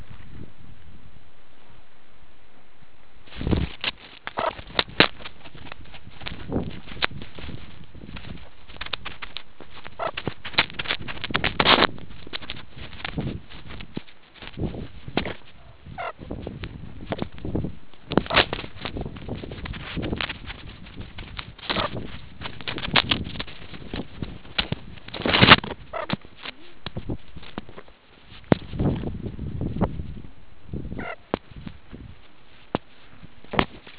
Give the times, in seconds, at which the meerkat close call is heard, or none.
4.35-4.52, 9.98-10.12, 15.96-16.14, 18.28-18.39, 21.73-21.89, 25.91-26.07, 30.96-31.16